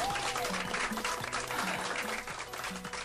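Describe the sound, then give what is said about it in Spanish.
Steady, dense applause from a large crowd greeting a guest entering the studio, a continuous wash of clapping that stays loud throughout, with a faint low repeating tone pattern running underneath. “Más aplausos, muchos aplausos.”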